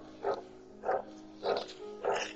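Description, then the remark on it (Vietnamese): A dog barks four times at a steady, evenly spaced rhythm, each bark a fairly loud, mid-pitched burst over a low constant hum in the background. “Đuổi chứ, cả ngày nay thu được tiếng chuyện mà chả yên với con chó này.”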